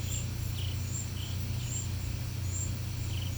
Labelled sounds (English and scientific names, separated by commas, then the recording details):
none
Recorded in pastures near Puerto Asís, Putumayo, Colombia, on 15 December 2024 at 11:30
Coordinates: 0.505, -76.324
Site G063